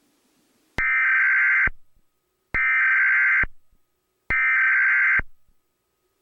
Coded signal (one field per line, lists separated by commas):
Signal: Emergency Alert System (SAME) tones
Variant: header bursts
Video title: Quick eas test!